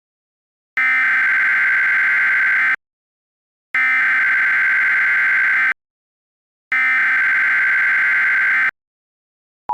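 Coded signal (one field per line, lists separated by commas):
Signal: Emergency Alert System (SAME) tones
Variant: header bursts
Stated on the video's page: Fictional EAS scenario with valid SAME tones, alongside a synthesized SD-10 siren.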